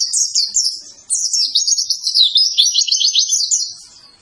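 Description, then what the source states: White-eye song in two bursts: a brief high twitter, a short dip, then a longer run of rapid high-pitched chattering notes that fades at the end. Lively-singing ('gacor') white-eye song used to train cage birds.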